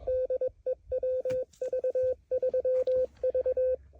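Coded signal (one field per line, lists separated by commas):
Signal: Morse code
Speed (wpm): 22 wpm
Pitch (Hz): 500 Hz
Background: none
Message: DE WV3V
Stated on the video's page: QRP CW Parks on the Air activation with an LNR Mountain Topper 4B at a few watts.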